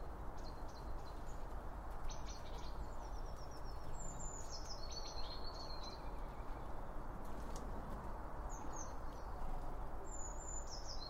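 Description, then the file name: Bird: several high chirps and quick falling whistles come in scattered bursts against heavy low background noise. Birds recorded around a bird feeding spot using two Line Audio OM1 microphones. "Birds Around Birdfeeding With Two Om 1 From Line Audio"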